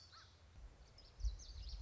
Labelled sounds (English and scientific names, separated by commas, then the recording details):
Common Yellowthroat (Geothlypis trichas)
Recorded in Sonoma County, California